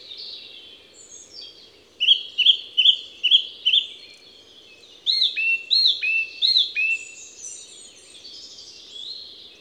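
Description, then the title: Song thrush singing crisp phrases, one short whistled note repeated five times, then a different looping phrase repeated a few times, with a faint hiss behind. Song thrush in Les Avenières Veyrins-Thuellin, France; recorded with a stereo parabolic microphone (EM172 capsule) and a Zoom H4n Pro recorder. "Envirhôna, Les Avenières Veyrins-Thuellin, France - Grive musicienne"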